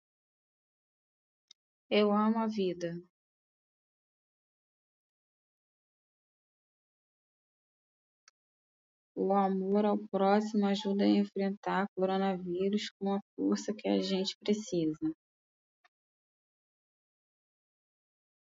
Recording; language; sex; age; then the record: spoken sentence; Brazilian Portuguese; female; 30 to 39 years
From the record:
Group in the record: control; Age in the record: 39 years